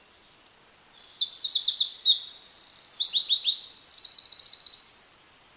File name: Troglodytes troglodytes